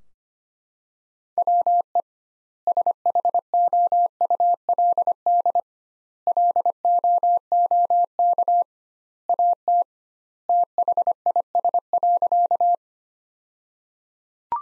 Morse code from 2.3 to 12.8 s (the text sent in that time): SHOULD LOOK AT THIS.